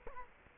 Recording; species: mosquito wingbeat signal from an infrared sensor; Culex quinquefasciatus